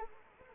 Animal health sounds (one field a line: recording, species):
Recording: mosquito wingbeat signal from an infrared sensor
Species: Anopheles arabiensis